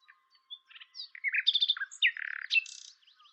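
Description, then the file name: Common nightingale delivering a single complex phrase of quick varied chirps, a short buzzy trill and a closing high rattle. "Luscinia megarhynchos"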